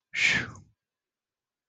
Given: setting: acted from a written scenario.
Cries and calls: vocal sound without words; relief

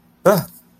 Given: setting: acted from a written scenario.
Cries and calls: vocal sound without words; negative surprise

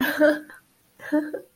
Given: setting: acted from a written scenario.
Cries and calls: vocal sound without words; elation

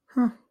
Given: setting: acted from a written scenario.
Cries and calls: vocal sound without words; neutral

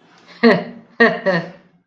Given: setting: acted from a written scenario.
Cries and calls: vocal sound without words; amusement

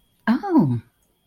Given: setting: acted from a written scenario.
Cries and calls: vocal sound without words; interest

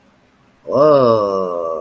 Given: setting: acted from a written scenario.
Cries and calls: vocal sound without words; realization

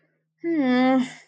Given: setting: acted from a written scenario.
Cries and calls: vocal sound without words; disappointment

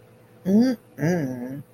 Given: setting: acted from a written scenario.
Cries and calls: vocal sound without words; desire

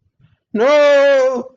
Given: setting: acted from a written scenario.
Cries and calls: vocal sound without words; fear

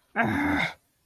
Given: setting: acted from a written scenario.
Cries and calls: vocal sound without words; anger

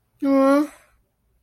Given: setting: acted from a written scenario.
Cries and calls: vocal sound without words; sympathy

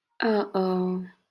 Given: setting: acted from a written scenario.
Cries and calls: vocal sound without words; embarrassment

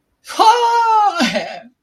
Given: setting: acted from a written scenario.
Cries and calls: vocal sound without words; positive surprise

